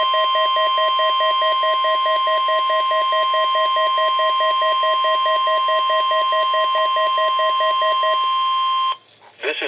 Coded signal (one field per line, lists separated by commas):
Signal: Emergency Alert System (SAME) tones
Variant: 1050 Hz attention tone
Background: speech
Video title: WXJ-46 Required Weekly Test (EAS #188)